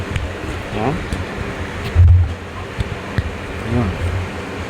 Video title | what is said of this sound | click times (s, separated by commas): Paano Magkabit ng MC4 Connector: guide to DIY connection (Tagalog) | May maririnig din kayong click dito. | 0.2 s